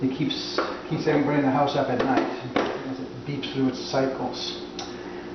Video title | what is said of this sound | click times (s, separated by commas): How to Bake Bread | so it just snaps right in there | 4.8 s